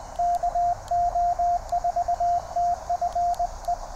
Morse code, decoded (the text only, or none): KO4TFE